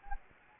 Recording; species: mosquito wingbeat signal from an infrared sensor; Anopheles gambiae